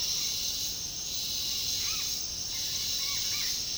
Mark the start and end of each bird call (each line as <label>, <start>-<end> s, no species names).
bird call, 1.69-2.10 s
bird call, 2.99-3.60 s